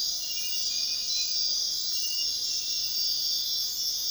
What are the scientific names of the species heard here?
none